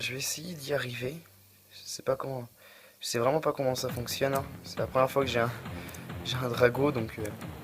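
Someone talks while handling a plastic Bakugan transforming toy figure, working on a folding plastic part that is meant to be pushed down and clip into place. A quieter stretch from about 1.3 to 3.0 s carries faint handling sounds before the talking resumes. Nothing has seated or clicked yet by the end of the clip.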